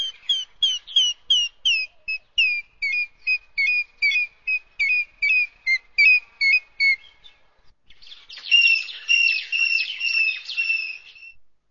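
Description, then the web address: Grey parrot calls: a fast run of high, whistled two-part chirps, about two or three a second, then a harsher, buzzier series of notes. "African Grey"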